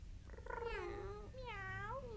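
A cat in the anime Sailor Moon meows twice in a row, two drawn-out, wavering cries with a bright, whiny pitch that bends down and then slightly up, over a low steady background hum.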